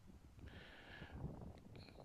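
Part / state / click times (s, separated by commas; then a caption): 12 bore moderator onto shotgun muzzle threads / not seated / none. A metal moderator for a 12 bore shotgun is turned backwards on the muzzle threads of the barrel to find the thread start before it is screwed on. Only faint small taps and a steady hiss are heard, with a brief band of higher-pitched noise early on. No click is heard, and the threads have not clicked into place yet.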